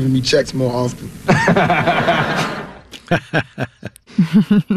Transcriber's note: laughter